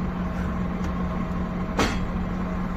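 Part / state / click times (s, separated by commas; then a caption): trailer kingpin into truck fifth wheel coupling / seated / 1.8 s. A Scania truck is reversed under a trailer so that its fifth wheel jaw closes around the steel trailer kingpin, over a steady engine hum. A sharp metallic click is heard at 1.8 s as the fifth wheel coupling locks onto the kingpin, confirming the trailer is seated.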